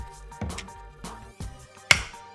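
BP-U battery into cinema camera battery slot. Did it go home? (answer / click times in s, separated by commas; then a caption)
yes / 1.9 s. A BP-U battery is slid into the battery slot of a Blackmagic Design PYXIS 6K cinema camera a second time, with a few soft knocks and scrapes as it goes in. A loud, sharp latch click at 1.9 s shows the battery seated in place.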